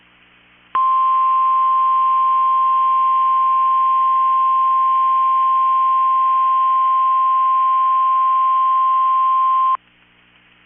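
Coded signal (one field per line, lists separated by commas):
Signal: Emergency Alert System (SAME) tones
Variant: 1050 Hz attention tone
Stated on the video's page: Statewide tornado drill on NOAA Weather Radio; station briefly off the air mid-drill, then continued.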